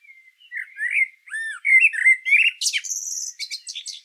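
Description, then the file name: Common blackbird singing a mellow, fluty whistled phrase of slurred notes that breaks into a burst of high, scratchy twittering. "Turdus merula"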